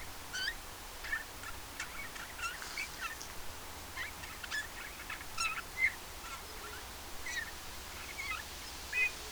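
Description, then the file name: Eurasian bullfinch calls: soft, short whistles at uneven intervals, with many faint ticks and low steady background noise. "Pyrrhula pyrrhula"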